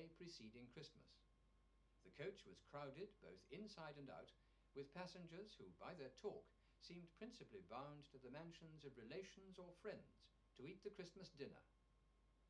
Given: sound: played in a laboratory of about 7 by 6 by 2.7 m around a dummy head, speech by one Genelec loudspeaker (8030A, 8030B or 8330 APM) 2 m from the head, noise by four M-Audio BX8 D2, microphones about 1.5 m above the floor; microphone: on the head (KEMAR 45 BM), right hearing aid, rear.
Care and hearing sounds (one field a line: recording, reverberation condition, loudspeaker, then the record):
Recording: male speech in English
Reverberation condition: low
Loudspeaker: 120 degrees to the right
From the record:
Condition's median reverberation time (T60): about 310 ms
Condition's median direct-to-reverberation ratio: about 3.5 dB